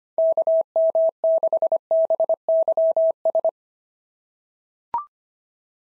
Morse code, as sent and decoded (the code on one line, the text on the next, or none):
-.- -- -.... -... -.-- ...
KM6BYS